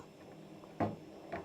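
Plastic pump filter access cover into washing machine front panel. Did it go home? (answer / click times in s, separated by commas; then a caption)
no / none. A plastic drain pump filter access cover is handled at the front panel of a Profilo washing machine while the filter is put back. A faint tick at 0.6 s is followed by a louder plastic knock at 0.8 s and a softer one near 1.4 s. Nothing has seated or clicked yet.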